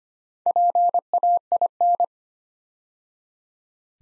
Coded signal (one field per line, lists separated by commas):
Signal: Morse code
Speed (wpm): 25 wpm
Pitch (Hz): 700 Hz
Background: none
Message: PAIN